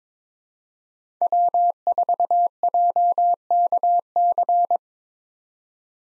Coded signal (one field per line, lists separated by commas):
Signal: Morse code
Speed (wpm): 22 wpm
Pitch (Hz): 700 Hz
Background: none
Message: W4JKC